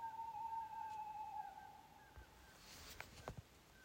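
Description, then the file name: Owl call: a sustained, level note lasting over a second that fades out, followed by a few sharp clicks and knocking sounds. Recorded at Finnskogen, Norway. "ugle finnskogen"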